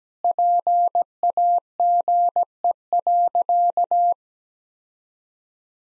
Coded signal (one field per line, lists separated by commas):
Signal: Morse code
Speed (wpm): 17 wpm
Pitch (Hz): 700 Hz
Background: none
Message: PAGE.